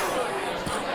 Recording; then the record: coughing mixed with background sound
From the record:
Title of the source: Coughing 79